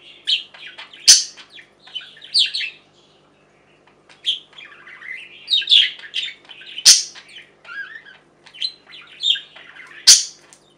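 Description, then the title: Budgerigar calls: groups of scratchy chirps and warbles punctuated by a few sharp loud squawks, with a short quiet gap. "Budgie Sounds"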